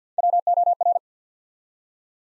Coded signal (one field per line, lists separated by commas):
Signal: Morse code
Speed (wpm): 50 wpm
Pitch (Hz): 700 Hz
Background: none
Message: WOR